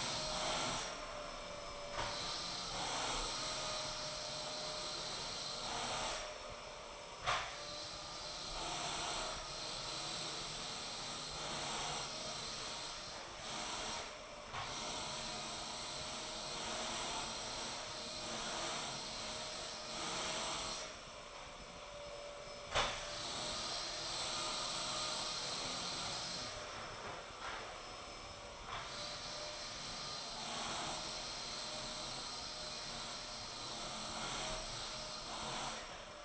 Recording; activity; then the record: daily activity, microphone in the room; vacuum cleaning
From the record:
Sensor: 5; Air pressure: 1002.1 hPa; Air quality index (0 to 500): 211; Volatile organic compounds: 21 ppm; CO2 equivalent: 2737 ppm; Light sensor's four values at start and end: 10/24/10/11 and 10/25/10/11